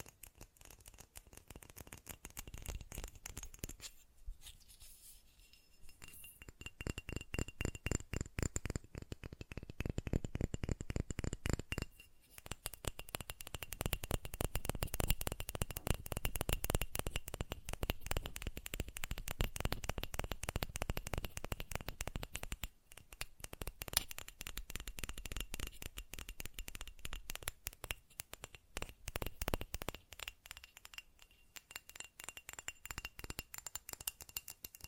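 Fast tapping runs through nearly the whole stretch as dense, rapid, even clicks, some with a faint glassy or rattling edge. The pace thins and pauses briefly around 4, 12 and 23 seconds, then fills in again, fading and sparser near 31 seconds before picking back up.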